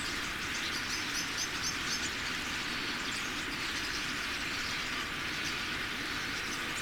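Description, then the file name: Common starling flock chatter, a thick continuous roar of overlapping squeaks and clicks, with a quick run of repeated high notes near the start. About 10,000 starlings coming in to roost. "Common-Starling-10000-Starlings-Come-To-Roost"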